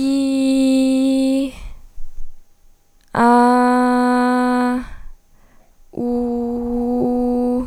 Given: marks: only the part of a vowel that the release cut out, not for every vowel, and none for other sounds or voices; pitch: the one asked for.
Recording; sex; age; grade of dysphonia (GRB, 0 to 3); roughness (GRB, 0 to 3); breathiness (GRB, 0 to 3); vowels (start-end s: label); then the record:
sustained vowels; female; 20 to 29 years; 0; 0; 0
0.00-1.31 s: vowel /i/, normal pitch
3.33-4.64 s: vowel /a/, normal pitch
6.04-6.97 s: vowel /u/, normal pitch
From the record:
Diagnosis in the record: healthy voice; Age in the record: 23 years